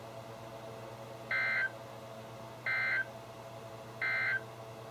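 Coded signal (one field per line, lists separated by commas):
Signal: Emergency Alert System (SAME) tones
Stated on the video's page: Real EAS alerts for severe thunderstorm warnings from NOAA Weather Radio station KHB36, one issued with emergency management as the source.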